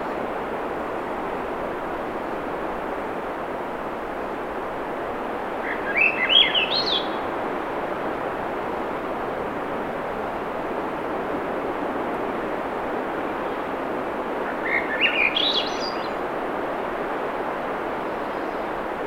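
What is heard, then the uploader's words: A Swainson's Thrush sings two rising, fluting phrases, one around six seconds in and another near fifteen, each spiraling upward. Between them a steady, dense rushing noise fills the background, like wind or traffic, and stays constant throughout. Swainson's Thrush singing. 7:15 pm temperature low 50s clear skies between the tides Sun Dew Trail where it intersects with trail to Ocean Beach Schoodic Pennisula Acadia National Park Winter Harbor, ME. Fostex FR2 Sennheister ME 66 short shotgun. Because of surf noise -- high pass filter at 250 hz.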